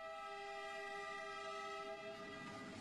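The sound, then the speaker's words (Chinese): A tourist train on the 40-plus-km Qinhuangdao Shanhai tourist railway in Hebei, China, newly opened in 2017 and running north to Banchangyu at the foot of the Great Wall, rolls along the tracks with a steady rumble while a long, sustained horn blast rings out in bright layered tones, holding loud and even throughout with no voices. “昨天，全长40多公里的秦皇岛山海旅游铁路正式贯通，从秦岗开埠地车站一路向北抵达长城脚下的板场峪。”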